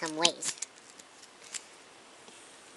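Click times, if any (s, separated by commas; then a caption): 1.6 s. A plastic hood panel is pressed into the body of a Transformers Prime Optimus Prime transforming robot toy. Someone talks briefly at the start, then faint plastic handling ticks follow. A sharp, faint snap at 1.6 s marks the hood section locking in place.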